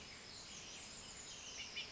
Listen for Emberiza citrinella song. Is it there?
no